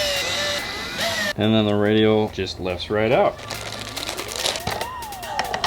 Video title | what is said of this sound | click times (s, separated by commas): We finish up a Mercedes Benz cl500 radio update Installer Diaries 229 part 2 | wood grain just snaps into place like that look at that actually looks pretty good | 5.4 s, 5.5 s, 5.6 s